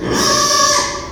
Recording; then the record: squeal of a Yucatan mini pig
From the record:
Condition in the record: before surgery on the right vocal fold (resection and tissue-engineered implant); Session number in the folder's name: 1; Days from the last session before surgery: -3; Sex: male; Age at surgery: 12 weeks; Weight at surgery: 13 kg